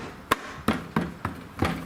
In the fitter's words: and that's it it just snaps right back into place now your cover is good that's that